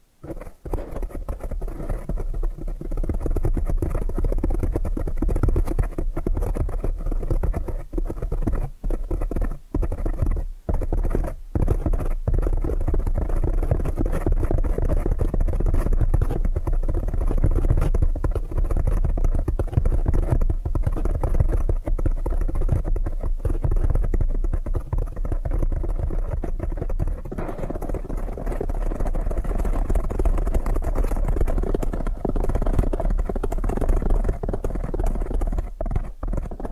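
Rapid tapping runs almost without pause for the whole stretch, a dense, busy patter weighted toward low and middle tones. A few brief gaps break the flow around ten to twelve seconds, then the quick, even taps carry on to the end.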